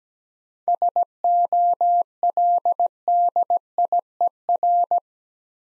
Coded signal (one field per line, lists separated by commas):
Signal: Morse code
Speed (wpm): 17 wpm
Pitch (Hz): 700 Hz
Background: none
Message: SOLDIER